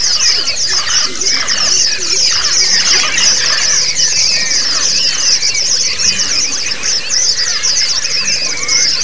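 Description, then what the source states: White-eye flock song: a busy wall of high twittering and quick upslurred whistles, unbroken for the whole stretch, with a low mechanical drone beneath. Therapy recording of the 'ombyokan' style, with many white-eyes singing together.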